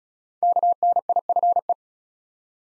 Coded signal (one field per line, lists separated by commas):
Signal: Morse code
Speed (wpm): 34 wpm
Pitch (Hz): 700 Hz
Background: none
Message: KNIFE